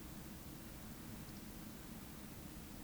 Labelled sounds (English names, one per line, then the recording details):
Eurasian Woodcock whistle
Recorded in Baden-Württemberg, Germany, on 14 May 2021 at 19:45 UTC
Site 25175, 602 m above sea level